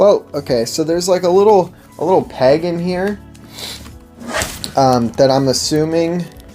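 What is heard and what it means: Someone talks while handling the small plastic peg of an umbrella hat near its headband mount, with a few brief soft handling ticks. The peg has not yet been pushed in, and nothing has snapped or seated by the end of the clip.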